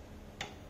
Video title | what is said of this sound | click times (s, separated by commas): Mini Lathe Machine REVIEW ! | okay so that was the clicking sound i'm not sure if you heard it you will hear it and then | 0.4 s